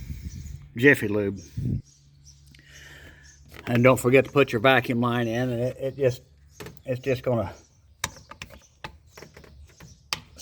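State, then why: Seated. On a 2013 Silverado 4.8 liter during a radiator replacement, a vacuum line fitting with an o-ring is pushed onto its port on the radiator side while someone talks. A few sharp clicks sound around 8.0 to 8.8 seconds, then a loud snap at 10.1 seconds as the fitting seats.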